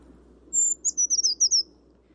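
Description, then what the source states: Brown creeper giving a thin, very high, piercing series of short notes, starting with a drawn-out note and then quick tumbling chips over about one second, over faint low hum. Tiny secretive bird whose sound is described as a little piercing; recorded on an app from a kayak on Black Creek southwest of Rochester during fall migration, as a small flock moved through.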